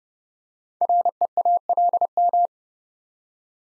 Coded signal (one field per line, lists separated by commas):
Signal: Morse code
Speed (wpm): 30 wpm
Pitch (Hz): 700 Hz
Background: none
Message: REALM